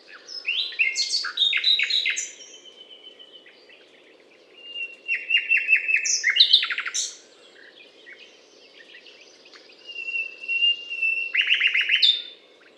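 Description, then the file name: Common nightingale song in three loud bursts of varied chirps, trills and quick repeated notes separated by short pauses, with a constant low hum beneath. Recorded at the Butte calcaire de Gratacap, France, on 19 May 2012. "rossignol philomele Butte calcaire de Gratacap"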